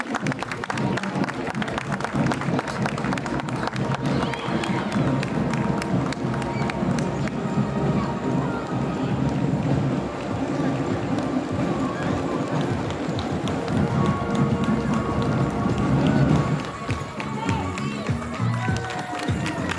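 A Memorial Day parade on College Ave fills the air with a dense, steady crowd murmur, voices and footsteps, briefly swelling near the sixteen-second mark.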